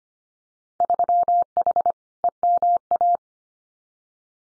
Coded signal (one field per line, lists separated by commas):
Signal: Morse code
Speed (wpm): 25 wpm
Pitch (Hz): 700 Hz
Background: none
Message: 3H EMA